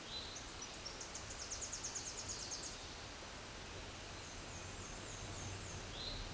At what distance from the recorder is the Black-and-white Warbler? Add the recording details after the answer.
about 50 m. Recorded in a Pennsylvania forest on 17 May 2023 at 13:33. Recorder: AudioMoth, point grid1_41_low. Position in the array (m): 48 m, 215 m